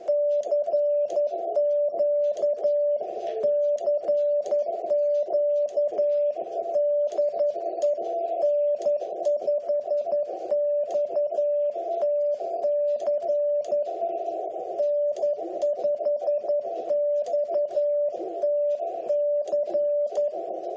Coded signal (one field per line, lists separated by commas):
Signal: Morse code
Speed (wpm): 11 wpm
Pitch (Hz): 590 Hz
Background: music, radio noise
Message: CQ CQ DE N5XTC N5XTC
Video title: Working 40 meters from Virginia